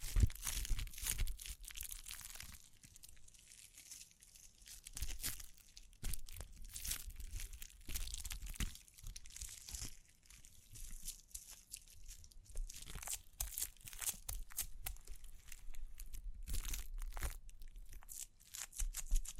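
Crinkling, scratching and brushing sounds come in dense, irregular bursts with sharp taps scattered throughout, bright and crackly over a faint low rumble.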